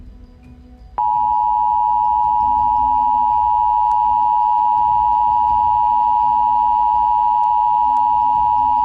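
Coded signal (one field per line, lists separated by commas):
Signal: Emergency Alert System (SAME) tones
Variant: 853 and 960 Hz attention tone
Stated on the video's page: A fictional scenario whose tones were taken from other creators.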